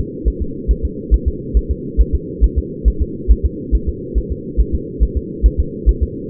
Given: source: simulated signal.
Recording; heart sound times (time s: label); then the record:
fetal heart sounds
0.28 s: S1
0.42 s: S2
0.71 s: S1
0.85 s: S2
1.14 s: S1
1.28 s: S2
1.57 s: S1
1.71 s: S2
2.01 s: S1
2.15 s: S2
2.44 s: S1
2.58 s: S2
2.88 s: S1
3.02 s: S2
3.31 s: S1
3.46 s: S2
3.75 s: S1
3.89 s: S2
4.18 s: S1
4.32 s: S2
4.60 s: S1
4.75 s: S2
5.03 s: S1
5.17 s: S2
5.46 s: S1
5.60 s: S2
5.89 s: S1
6.03 s: S2
From the record:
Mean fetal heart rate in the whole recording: 140 bpm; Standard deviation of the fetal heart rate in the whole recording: 2 bpm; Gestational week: 34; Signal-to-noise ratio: -4.3 dB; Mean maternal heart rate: 72 bpm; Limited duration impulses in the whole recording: present